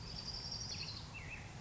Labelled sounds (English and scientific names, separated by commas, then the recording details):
Orange-crowned Warbler (Leiothlypis celata)
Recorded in Sonoma County, California